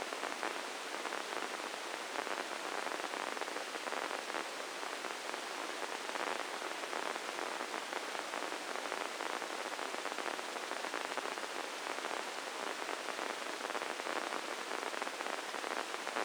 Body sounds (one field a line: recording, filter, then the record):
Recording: brain microelectrode recording played as sound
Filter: spike band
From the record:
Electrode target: subthalamic nucleus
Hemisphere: left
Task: reaching with the right hand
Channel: 1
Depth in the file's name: 4.826 mm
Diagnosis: Parkinson's disease